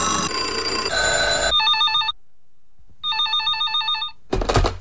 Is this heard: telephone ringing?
yes